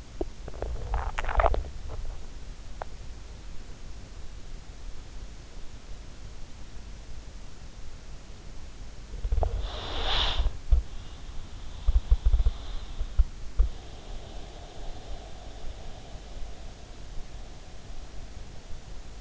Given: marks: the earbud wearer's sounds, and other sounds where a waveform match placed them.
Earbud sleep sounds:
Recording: sounds in sleep by an in-ear microphone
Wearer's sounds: swallowing, teeth grinding, breath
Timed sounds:
0.00-2.14 s: swallowing
2.58-2.98 s: teeth grinding
9.16-19.21 s: breath

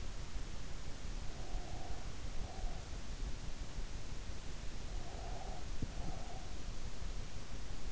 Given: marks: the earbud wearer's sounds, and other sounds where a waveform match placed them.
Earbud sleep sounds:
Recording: sounds in sleep by an in-ear microphone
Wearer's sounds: breath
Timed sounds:
1.36-2.78 s: breath
5.02-6.60 s: breath

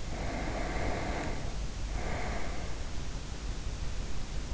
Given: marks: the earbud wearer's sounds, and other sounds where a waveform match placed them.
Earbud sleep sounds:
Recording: sounds in sleep by an in-ear microphone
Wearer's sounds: breath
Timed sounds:
0.06-3.09 s: breath

